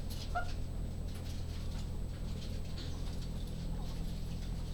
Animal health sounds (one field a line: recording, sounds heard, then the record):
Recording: poultry house recording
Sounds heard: sick chickens (respiratory disease)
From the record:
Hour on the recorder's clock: 20